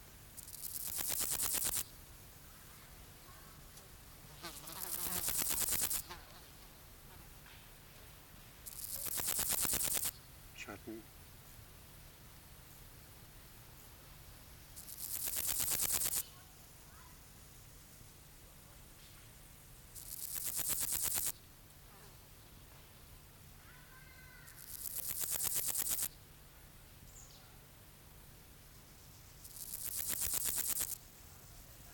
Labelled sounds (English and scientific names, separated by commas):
Meadow Grasshopper (Chorthippus parallelus) stridulation